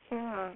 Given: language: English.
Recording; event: throat vibration sensor signal played as sound; speech